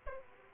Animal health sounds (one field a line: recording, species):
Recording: mosquito wingbeat signal from an infrared sensor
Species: Aedes aegypti